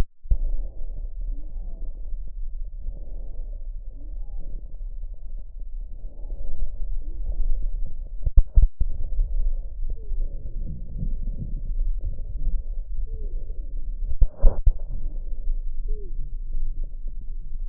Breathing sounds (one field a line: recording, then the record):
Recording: lung sounds by stethoscope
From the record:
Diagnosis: emphysema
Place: left posterior upper chest